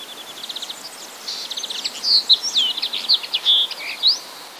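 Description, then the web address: Common linnet twittering song opening with a soft rapid trill, then louder whistled notes and chips in a bright, varied sequence. "wroblowe kolekcja makolagwa"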